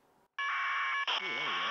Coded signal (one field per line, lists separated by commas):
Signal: packet radio (AX.25, as in APRS)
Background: speech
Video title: PortaPack H4M HackRF APRS TX